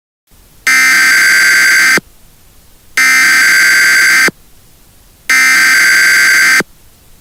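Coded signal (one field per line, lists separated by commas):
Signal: Emergency Alert System (SAME) tones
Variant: header bursts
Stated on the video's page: Mock EAS alert for a nuclear attack on the United States.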